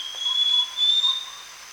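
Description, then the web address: Scaly-crowned Babbler delivering two sustained, even, high-pitched whistles in quick succession against a faint buzzing insect background. Recorded at Danum, Borneo, on 1 January 2008. "DANUM 20080101. scaly-crowned babbler"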